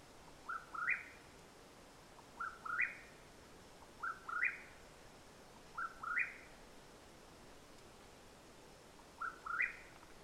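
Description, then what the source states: Mexican whip-poor-will repeating its rising, burry three-part whistle several times, then a pause before a final phrase; faint background hiss. Call at nightfall in Madera Canyon, Arizona, USA, 21 April 2022.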